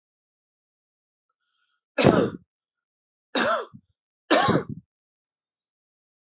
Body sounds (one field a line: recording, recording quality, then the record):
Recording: heavy voluntary cough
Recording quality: excellent, no background noise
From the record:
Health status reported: healthy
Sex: male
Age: 30 years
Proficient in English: yes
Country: India